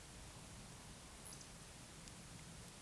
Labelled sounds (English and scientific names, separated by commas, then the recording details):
Eurasian Woodcock (Scolopax rusticola) whistle, Eurasian Woodcock (Scolopax rusticola) croak
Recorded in Baden-Württemberg, Germany, on 11 June 2021 at 20:08 UTC
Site 24606, 635 m above sea level